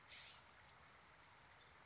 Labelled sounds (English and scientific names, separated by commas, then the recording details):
California Scrub-Jay (Aphelocoma californica)
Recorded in Sonoma County, California